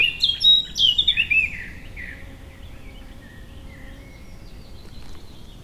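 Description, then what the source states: Eurasian blackcap song: a loud, clear warbling phrase of fluty notes in the first second and a half, then fainter, quieter bird notes. Joins a bird chorus; described as a clear-voiced, high-pitched midsummer singer whose song season lasts well into July.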